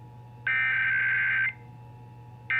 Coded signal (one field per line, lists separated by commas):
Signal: Emergency Alert System (SAME) tones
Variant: header bursts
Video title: National EAS Test 2019 on 670 WSCR-AM (EAS #1,200) 8/7/19